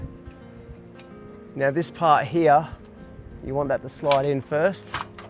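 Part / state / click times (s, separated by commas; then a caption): table leg into campervan table mount / not seated / none. A campervan table leg is being handled and slid into its table mount, one part going in first, while someone talks over a faint steady background hum. A brief sharp knock comes near 5.2 s, but the leg has not clicked or seated in the mount yet.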